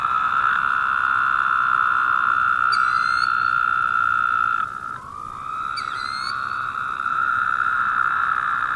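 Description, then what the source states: Woodhouse's toad chorus of steady nasal buzzes, one trill ending near five seconds as another rises in; brief high chirping notes appear twice above. More than one toad.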